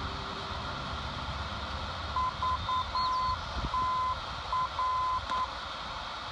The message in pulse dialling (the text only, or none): none